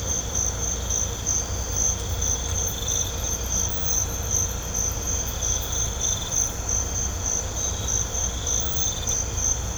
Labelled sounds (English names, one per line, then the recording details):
none
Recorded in pastures near Puerto Asís, Putumayo, Colombia, on 16 December 2024 at 05:00
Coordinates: 0.502, -76.324
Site G077